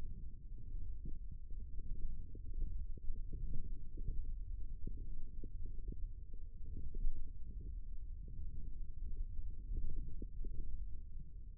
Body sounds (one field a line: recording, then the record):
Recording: forearm muscle sounds (acoustic myography)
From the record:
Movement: wrist extension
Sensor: system 1, eight BSWA MPA416 microphones around the upper forearm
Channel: 5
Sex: female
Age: 21 years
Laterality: right